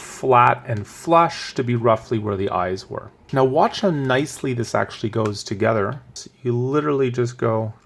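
An action camera on its mount is being handled and brought toward a velcro pad on top of an aviation headset while someone talks throughout. The clip ends before the mount is pressed home, so nothing has seated yet.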